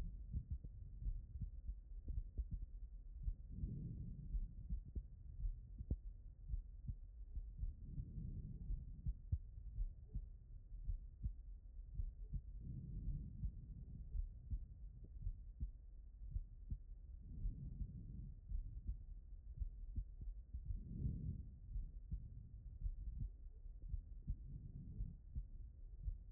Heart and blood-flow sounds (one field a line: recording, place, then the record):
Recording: heart sounds by stethoscope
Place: aortic valve (AV)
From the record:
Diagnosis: non-HFrEF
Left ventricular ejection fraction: 60%